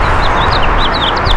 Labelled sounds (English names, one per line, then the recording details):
House Finch song
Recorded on Long Island, New York, on 14 June 2012
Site CH
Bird B